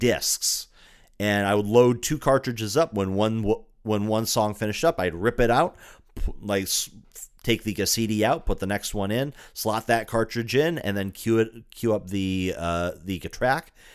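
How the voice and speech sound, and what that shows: Adult man speaking in fast bursts with repeated words and a drawn-out opening sound, mild stuttering; he has had a very pronounced stutter since childhood that can still be heard, and he is in speech therapy.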